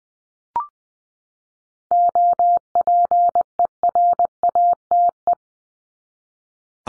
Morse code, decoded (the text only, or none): OPERATE